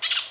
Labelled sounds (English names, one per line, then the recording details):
Brown-throated Parakeet contact call
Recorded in Venezuela
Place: Maracay, UCV-Agronomy campus
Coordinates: 10.278, -67.607